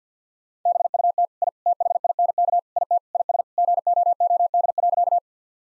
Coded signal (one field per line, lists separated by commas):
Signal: Morse code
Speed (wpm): 50 wpm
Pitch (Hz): 700 Hz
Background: none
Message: BUT I THINK IT IS GOOD.